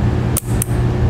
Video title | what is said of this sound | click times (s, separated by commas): etrailer - Roadmaster Battery Charge Line Kit Installation - 2003 Gulf Stream Scenic Cruiser | it snaps now | 0.4 s, 0.6 s